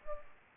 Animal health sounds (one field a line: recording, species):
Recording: mosquito wingbeat signal from an infrared sensor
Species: Culex pipiens